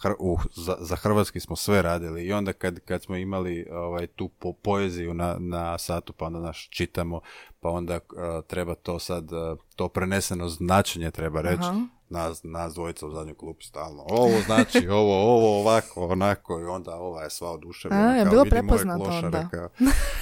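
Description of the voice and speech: A young Croatian man, a rapper, speaks Croatian conversationally, laughing at times, with repeated syllables and words such as "za, za", "kad, kad", "po, poeziju", "na, na" and "nas, nas". These part-word and whole-word repetitions, mixed with filler sounds, fit mild stuttering.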